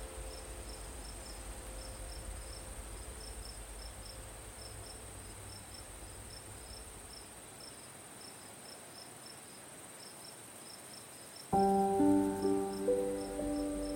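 Soft crickets chirp in a steady, regular pulse throughout, with a faint high insect whine running beneath them. Near the end, around twelve seconds in, piano enters louder, playing a few gentle notes that ring and overlap over the continuing crickets.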